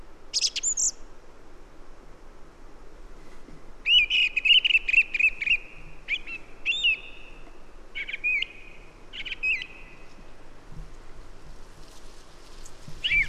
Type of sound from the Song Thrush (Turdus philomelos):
song